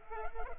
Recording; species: mosquito wingbeat signal from an infrared sensor; Culex pipiens